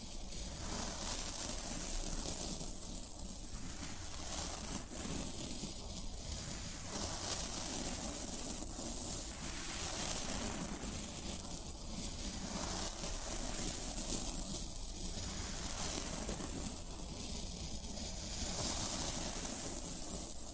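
Floral foam being worked makes a dense, steady rush of fine crackling and scratching that holds an even level for the whole length. The texture swells and thins in a loose rhythm about every three seconds, with a low rumble underneath throughout.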